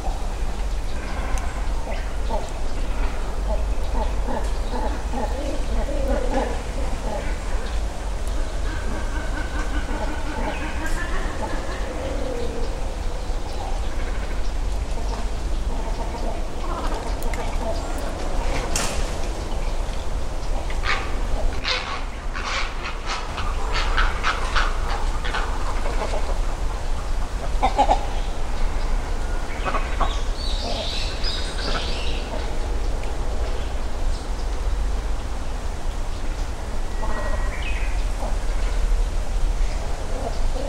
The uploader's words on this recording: Great Cormorants (カワウ) nesting high in trees along Yasugawa (river) in Ritto City, Shiga Prefecture, Japan. Great egrets are also nesting nearby, and we can hear other birds and some human activity. This recording was made with a Sony PCM-M10 recorder and a pair of small omnidirectional mics tied to a tree.